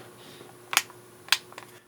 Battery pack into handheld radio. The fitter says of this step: You need to hear two clicks. If you only hear one,